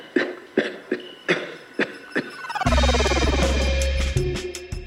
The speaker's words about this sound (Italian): Ecco, questo che tossisce è il paziente che ha percepito che c'è qualcosa che non va.